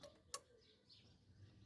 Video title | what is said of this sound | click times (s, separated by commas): Como Quitar y Lavar Inyectores - Tu Auto lo Necesita - Kicks - Versa | there you heard that little click well now it | 0.3 s